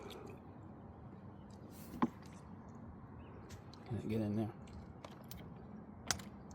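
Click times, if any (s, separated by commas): 6.1 s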